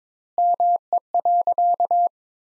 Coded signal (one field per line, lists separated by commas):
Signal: Morse code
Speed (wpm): 21 wpm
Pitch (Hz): 700 Hz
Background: none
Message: ME.